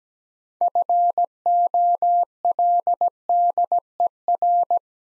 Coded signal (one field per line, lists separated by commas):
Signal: Morse code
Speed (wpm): 17 wpm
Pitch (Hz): 700 Hz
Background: none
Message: FOLDER